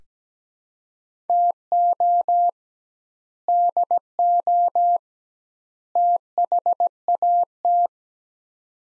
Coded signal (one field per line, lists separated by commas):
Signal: Morse code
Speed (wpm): 17 wpm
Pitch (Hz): 700 Hz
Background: none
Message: TO DO THAT